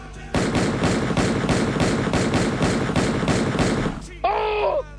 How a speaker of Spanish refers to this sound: Disparos, se escuchó ahí, al menos le llegó. Le llegó a uno.